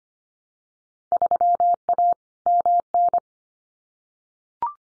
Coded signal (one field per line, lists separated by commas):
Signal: Morse code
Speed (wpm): 25 wpm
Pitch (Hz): 700 Hz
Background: none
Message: 3A MN